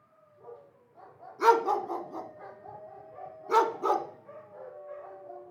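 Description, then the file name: Dog barking in two short bursts of several sharp barks, with softer tonal whining notes between them. "Dogs Pettis"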